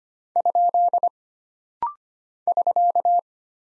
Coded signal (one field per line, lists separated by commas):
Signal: Morse code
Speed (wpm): 25 wpm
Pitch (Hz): 700 Hz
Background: none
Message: ? <SK>